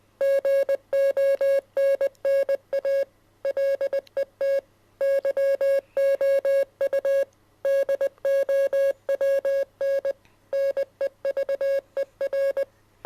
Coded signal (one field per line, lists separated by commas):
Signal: Morse code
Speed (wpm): 20 wpm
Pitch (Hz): 550 Hz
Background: music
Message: GONNA LET YOU DOWN NEVER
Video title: Can you decode this morse code message?